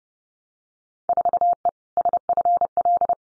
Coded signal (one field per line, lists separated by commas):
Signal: Morse code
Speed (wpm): 30 wpm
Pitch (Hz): 700 Hz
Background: none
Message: 4E SFL